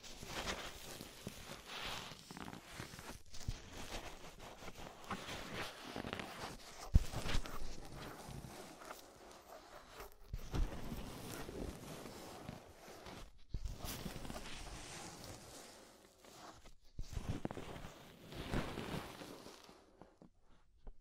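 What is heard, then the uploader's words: Scraping inside and around the ear, rough rustling strokes that come in bursts with brief pauses between them. The sound swells and fades irregularly, with a sharp knock near seven seconds and quieter stretches around ten and fourteen seconds before it thins out at the end. Inner and Outer Ear Scraping (No Talking).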